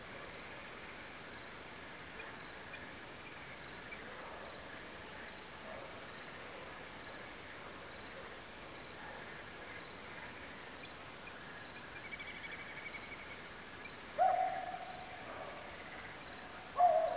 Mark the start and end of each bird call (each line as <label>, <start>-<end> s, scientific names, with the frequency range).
Tachybaptus ruficollis (2.3-5.0 kHz), 2.17-2.23 s
Tachybaptus ruficollis (2.3-4.9 kHz), 2.71-2.77 s
Tachybaptus ruficollis (2.2-5.0 kHz), 3.25-3.30 s
Tachybaptus ruficollis (2.2-4.9 kHz), 3.90-3.95 s
Tachybaptus ruficollis (2.2-3.6 kHz), 10.82-10.88 s
Tachybaptus ruficollis (2.3-2.7 kHz), 11.24-11.31 s
Tachybaptus ruficollis (1.6-3.5 kHz), 11.75-13.34 s
Tachybaptus ruficollis (2.2-2.4 kHz), 13.84-13.88 s
Tachybaptus ruficollis (2.3-2.4 kHz), 16.19-16.24 s